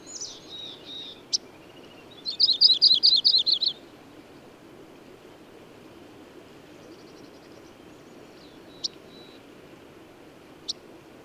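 Bird gives a short, rapid series of bright buzzy chirps after soft opening notes; faint chirps and a few sharp clicks follow.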